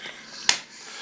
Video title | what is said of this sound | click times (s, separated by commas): Must-Have Baby Products We Can't Live Without | This one is, you can almost hear it's an audible snap. You can hear that? | 0.5 s